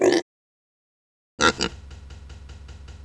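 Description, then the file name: Pig grunts: one short harsh grunt, a second of silence, then a louder double grunt trailing off into soft, rhythmic snuffling pulses. "sfx pig"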